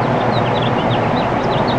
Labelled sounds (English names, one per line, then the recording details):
House Finch song
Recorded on Long Island, New York, on 13 June 2011
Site MH
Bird B